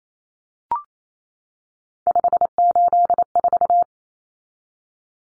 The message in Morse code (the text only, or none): 584